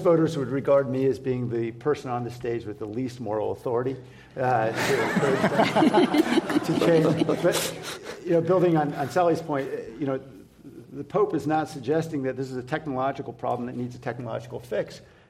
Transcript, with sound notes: voters would regard me as being the person on the stage with the least moral authority.
[Laughter]
Yeah, but building on Sally’s point, you know, the Pope is not suggesting that this is a technological problem that needs a technological fix.